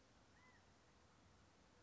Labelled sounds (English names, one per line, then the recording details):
California Quail
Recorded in Sonoma County, California